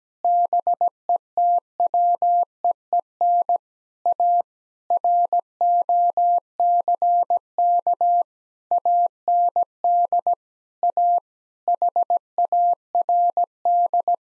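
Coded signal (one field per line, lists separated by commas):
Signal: Morse code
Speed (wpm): 17 wpm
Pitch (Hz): 700 Hz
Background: none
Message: BETWEEN A ROCK AND A HARD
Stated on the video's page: Morse practice at 17 wpm: sentences with common eight-word phrases, first words spoken, then sent, spoken, and sent again.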